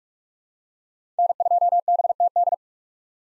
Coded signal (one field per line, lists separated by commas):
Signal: Morse code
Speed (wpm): 46 wpm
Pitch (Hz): 700 Hz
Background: none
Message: N2BTD